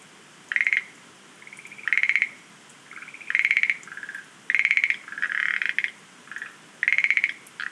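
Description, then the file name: Schlegel's green tree frog calling with repeated loud pulsed rattles, interspersed with softer grating croaks. "rodolphe alexis - rhacophorus schlegelii"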